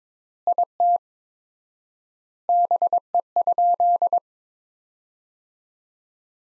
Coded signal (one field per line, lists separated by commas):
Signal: Morse code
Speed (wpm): 22 wpm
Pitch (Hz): 700 Hz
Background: none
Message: IT BE?